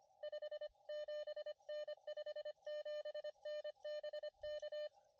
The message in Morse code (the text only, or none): 57N 57N BK